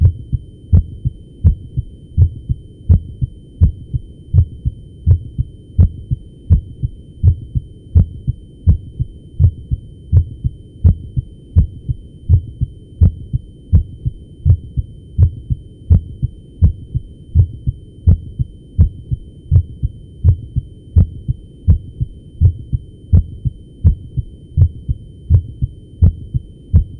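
Regular low heartbeat thumps at about 83 per minute heard by stethoscope over the cardiac apex of an adult heart, with normal first and second heart sounds.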